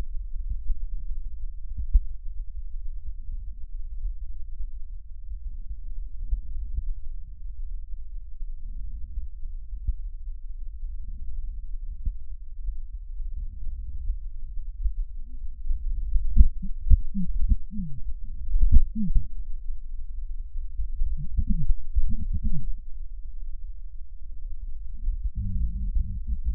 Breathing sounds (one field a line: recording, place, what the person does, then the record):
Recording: lung sounds by stethoscope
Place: right posterior basal chest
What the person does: quiet breathing, then cough and speech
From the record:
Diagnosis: COPD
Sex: female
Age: 72 years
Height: 156 cm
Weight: 72 kg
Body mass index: 29.6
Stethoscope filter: bell mode